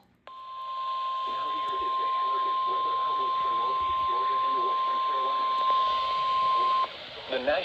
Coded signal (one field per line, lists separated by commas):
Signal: Emergency Alert System (SAME) tones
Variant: 1050 Hz attention tone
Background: speech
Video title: EAS Alerts From 12/29/24: A Compilation (EAS 426-454)